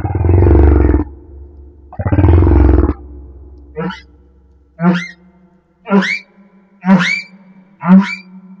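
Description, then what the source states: Humpback whale song: two long low rumbles followed by a series of quick upswept whoops about once a second over a faint tonal hum. Humpback whale off Madagascar.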